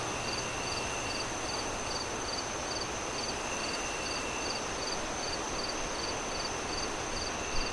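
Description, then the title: Crickets giving regular quick chirps above a sustained high ringing and a dense wash of wind. Crickets chirping at night, moon rising, wind howling through trees in gusts. "Crickets Sounds On A Windy Night"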